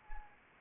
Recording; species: mosquito wingbeat signal from an infrared sensor; Anopheles arabiensis